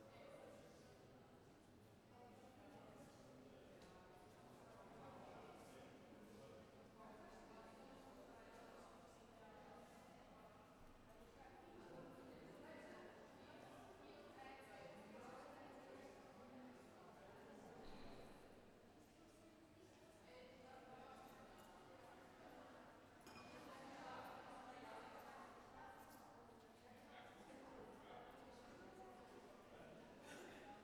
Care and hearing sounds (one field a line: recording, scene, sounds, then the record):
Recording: everyday scene through a hearing-aid microphone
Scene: reverberant space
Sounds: background noise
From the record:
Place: railway station hall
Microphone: behind the ear, left, rear